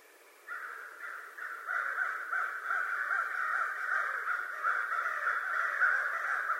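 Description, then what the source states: American crow cawing, rough caws starting after a brief pause, then a continuous overlapping chorus of many birds. Recorded 25 November 2011.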